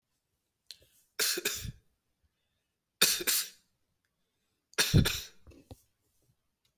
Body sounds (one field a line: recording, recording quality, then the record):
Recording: shallow voluntary cough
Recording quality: excellent, no background noise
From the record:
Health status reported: healthy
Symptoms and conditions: none ticked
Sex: male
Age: 47 years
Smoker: not ticked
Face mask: not worn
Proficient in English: yes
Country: India